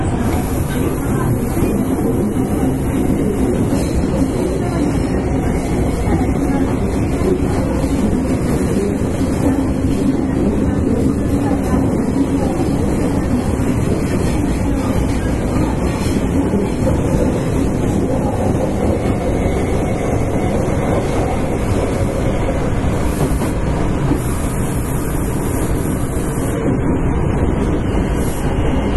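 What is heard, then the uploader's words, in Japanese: A Kita-Osaka Kyuko 9000 series train on the Midosuji subway line gives a steady, dense low rumble throughout, with faint voices underneath. 北大阪急行 9000系。大阪市営地下鉄 御堂筋線内。新大阪から中百舌鳥までです。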